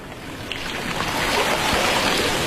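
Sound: ocean waves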